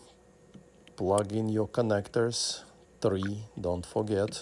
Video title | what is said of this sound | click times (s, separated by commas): 2015 Toyota Sequoia ( Gen 2 ) clock spring and steering angle position sensor replacement | All right, make sure you hear clicks. | 0.9 s